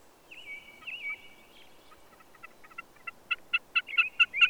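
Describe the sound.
Bird song: two slurred whistled notes, then a series of short, harsh, ringing notes that speed up and grow louder toward the end.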